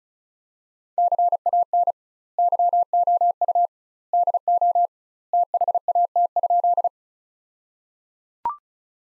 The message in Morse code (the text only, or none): CAN YOU DO THAT?